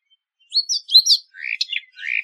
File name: easternorpheanwarbler